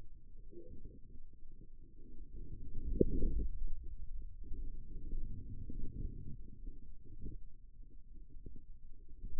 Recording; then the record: forearm muscle sounds (acoustic myography)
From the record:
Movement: radial deviation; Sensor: system 2, bracelet of six BSWA MPA416 microphones around the upper forearm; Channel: 6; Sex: male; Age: 22 years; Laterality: right